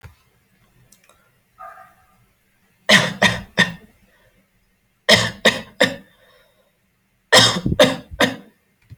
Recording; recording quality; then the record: shallow voluntary cough; excellent, no background noise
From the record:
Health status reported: healthy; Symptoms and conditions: none ticked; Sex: male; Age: 24 years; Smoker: not ticked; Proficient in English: yes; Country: India